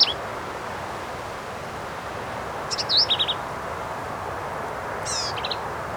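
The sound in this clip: Black-capped vireo song: short phrases of quick slurred and buzzy notes separated by pauses, over steady hiss.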